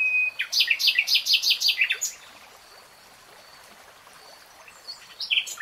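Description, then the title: Nightingale song: a whistled note, then a run of rich repeated chirps, silence, and a few sharp notes returning at the end. Real-time recording, not slowed. "[Tiếng chim hót] 3 Hours REALTIME Nightingale Singing"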